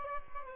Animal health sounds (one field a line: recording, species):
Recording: mosquito wingbeat signal from an infrared sensor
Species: Aedes albopictus